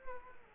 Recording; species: mosquito wingbeat signal from an infrared sensor; Culex quinquefasciatus